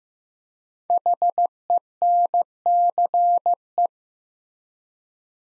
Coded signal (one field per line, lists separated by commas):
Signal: Morse code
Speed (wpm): 15 wpm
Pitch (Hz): 700 Hz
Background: none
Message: HENCE